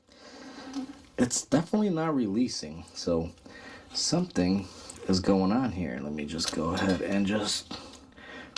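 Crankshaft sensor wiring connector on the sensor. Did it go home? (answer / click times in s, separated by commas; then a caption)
released / 8.6 s. Someone talks while working a stuck, heat-aged plastic electrical wiring connector on the crankshaft position sensor of a Subaru Forester. The connector is then pried up and comes free with a sharp pop at 8.6 s.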